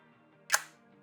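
A magnetic cover is placed onto an electric shaver head and snaps into place with a single sharp click at 0.6 s that fades quickly. The lid is seated. A faint, steady tonal background hum runs throughout.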